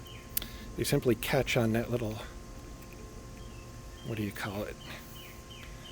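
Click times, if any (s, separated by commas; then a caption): none. Someone handles the plastic retaining tab of a third brake light housing on a 2009 Nissan Cube, working it toward its small catch tab. Someone talks, and a few brief sharp ticks are heard along with a faint steady hum. Nothing has seated or clicked into place yet.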